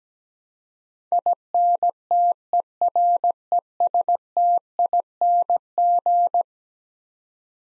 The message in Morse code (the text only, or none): INTERESTING